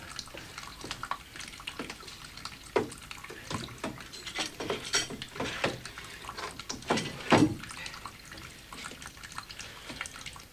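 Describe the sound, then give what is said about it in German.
Water runs from a kitchen tap in a steady, soft hiss, broken by irregular splashes and drips that swell briefly louder before settling back. No one speaks. “Dreht den Wasserhahn ab.”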